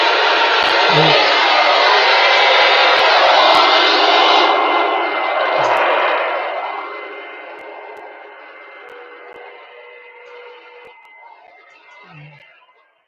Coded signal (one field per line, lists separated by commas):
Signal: FT8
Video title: Danny Shortwave And Radio DX Live Stream 6/30/2025 6 meter band sporadic E skip FT8 | FM DX | OTA TV